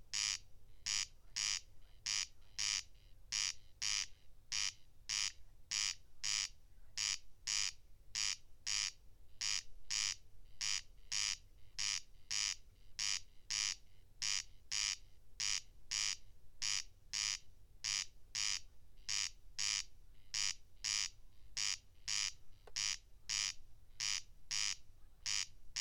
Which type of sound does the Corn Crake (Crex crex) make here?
song